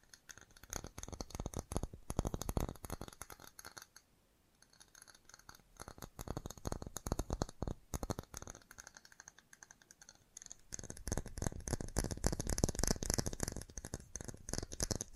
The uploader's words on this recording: FAST TAPPING (No Talking).